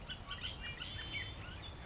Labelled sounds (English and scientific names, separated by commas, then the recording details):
Bullock's Oriole (Icterus bullockii)
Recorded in Sonoma County, California